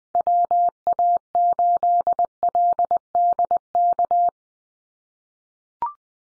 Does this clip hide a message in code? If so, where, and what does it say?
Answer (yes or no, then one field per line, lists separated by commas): yes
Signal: Morse code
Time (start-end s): 0.1-4.3 s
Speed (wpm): 20 wpm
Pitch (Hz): 700 Hz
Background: none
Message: WA8LDK